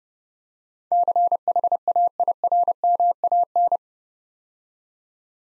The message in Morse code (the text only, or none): CHAIRMAN